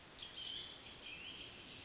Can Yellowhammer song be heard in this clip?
no